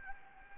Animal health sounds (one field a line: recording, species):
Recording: mosquito wingbeat signal from an infrared sensor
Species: Anopheles gambiae